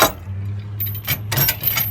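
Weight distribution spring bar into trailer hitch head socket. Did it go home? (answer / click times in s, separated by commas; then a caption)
no / none. A steel weight-distribution spring bar is pushed back toward its socket on a trailer hitch head while chains jangle, with a sharp metallic clatter at about 1.3 s over a steady low hum. Nothing has seated or clicked yet; the bar is not yet home when the clip ends.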